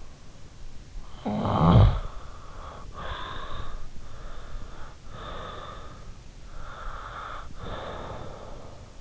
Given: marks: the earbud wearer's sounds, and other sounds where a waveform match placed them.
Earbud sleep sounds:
sounds in sleep by an in-ear microphone; snoring breath, breath
0.84-2.38 s: snoring breath
2.38-4.04 s: breath
4.78-9.01 s: breath

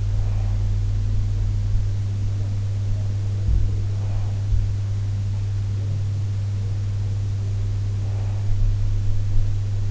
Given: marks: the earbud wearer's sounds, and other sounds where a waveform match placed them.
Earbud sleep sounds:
sounds in sleep by an in-ear microphone; breath
0.00-0.87 s: breath
7.37-8.54 s: breath

